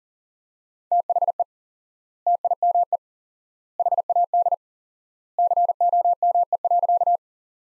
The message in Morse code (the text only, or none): THE TIME HAD COME.